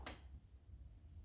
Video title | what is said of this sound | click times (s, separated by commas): Lexus IS200 - Compression Test (Wet&Dry) + Spark Plugs Exchange | the click sound it means that we already reached the value and we just pull it and | 0.1 s